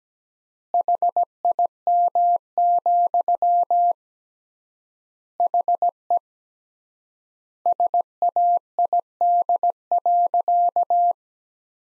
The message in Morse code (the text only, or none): HIM, HE SAID.